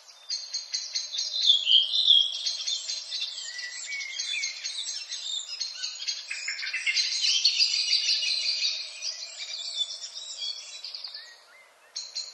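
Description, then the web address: Redwing song, a dense run of high twittering and chattering notes with a few lower whistled slurs, continuing almost without pause before a brief gap near the end. "HGW birds \ \aves Rodvingetrast"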